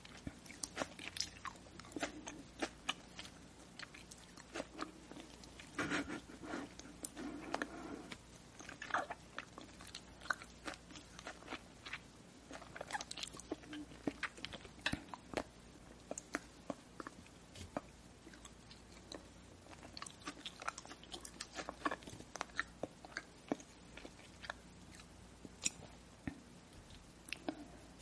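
Someone eats, chewing and swallowing food, with soft wet smacks and crisp bites spread densely through the whole stretch. The sounds come in quick irregular clusters, a little busier around the middle and toward the end, over a faint steady low hum.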